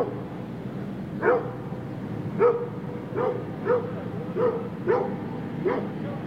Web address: dog large barking animal barking in distance residential animal barking birds in bg